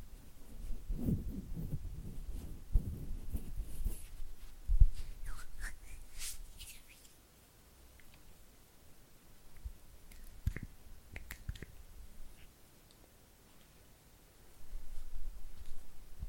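Oily hand and fluttering finger sounds: soft wet squishes and rubbing, with several crisp clicks and snaps, a sharp one near five seconds. Activity is busiest in the first five seconds, thins to scattered clicks through the middle, and picks up again after fourteen seconds.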